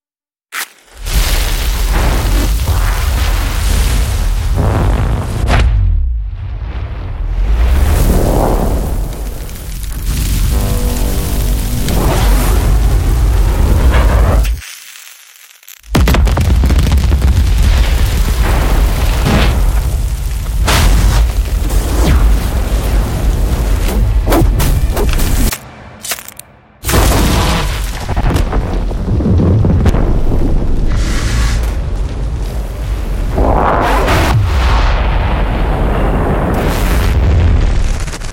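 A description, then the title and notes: Fire roars loudly and up close, a dense rumbling blaze with surging bursts, cut by brief silences near 15 and 26 seconds. Esoteric Series Vol. 2 - First Element - FUEGO. The fire – in all the energy and inherent violence of its nature.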